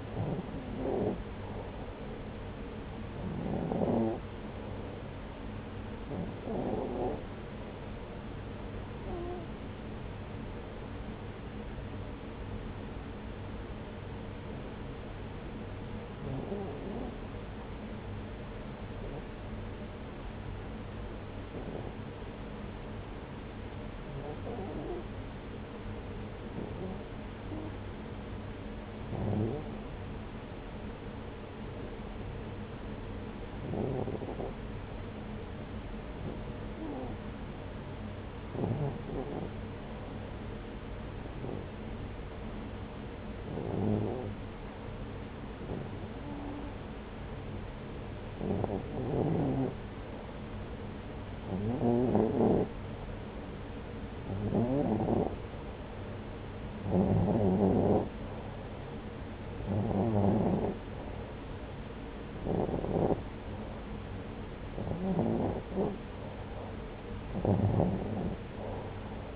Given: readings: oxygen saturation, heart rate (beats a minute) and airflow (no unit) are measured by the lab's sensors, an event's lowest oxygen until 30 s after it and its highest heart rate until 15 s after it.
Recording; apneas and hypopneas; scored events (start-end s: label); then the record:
breathing in sleep by a voice recorder at the bedside; 1
4.00-55.60 s: hypopnea (REM, oxygen 95% highest, then 89% lowest)
From the record:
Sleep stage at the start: REM sleep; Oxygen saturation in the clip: 89 to 95%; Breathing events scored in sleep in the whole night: 303 in 8.1 hours asleep